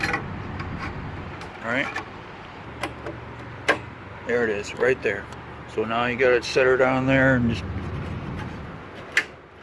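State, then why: Seated. The snap-in heater core piece is pushed down into the heater box of a 1970 Pontiac while a new heater core is being installed, and someone talks over low steady background noise. A sharp click at 9.2 s marks the piece snapping home, seated.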